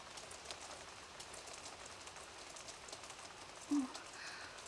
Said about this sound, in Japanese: 駅と家の間だったから雨をしのぐことも、もったいなくて傘を買うこともできなかったし、いっぱい濡れちゃった。容赦なさすぎだよ。